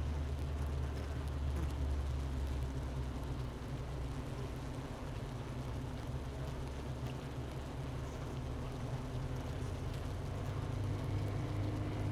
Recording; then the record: honeybee colony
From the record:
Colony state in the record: missing queen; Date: 31 May 2018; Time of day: 10:45